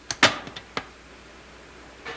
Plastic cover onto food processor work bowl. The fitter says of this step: Use both hands to turn the cover counterclockwise until it clicks.